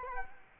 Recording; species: mosquito wingbeat signal from an infrared sensor; Culex quinquefasciatus